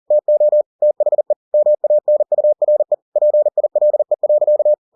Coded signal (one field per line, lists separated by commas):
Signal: Morse code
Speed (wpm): 40 wpm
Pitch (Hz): 600 Hz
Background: none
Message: TO THE MANURE PILE.